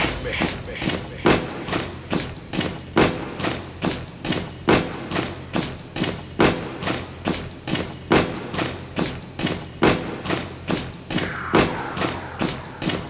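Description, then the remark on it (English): Feet stomp in a steady, driving rhythm, roughly two heavy thuds per second, loud and relentless for the whole stretch with a dull low boom under each impact. “Stomp with me.”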